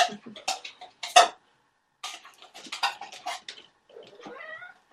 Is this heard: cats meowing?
yes